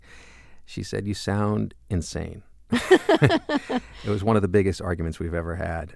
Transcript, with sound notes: she said, you sound insane.
(LAUGHTER)
It was one of the biggest arguments we've ever had,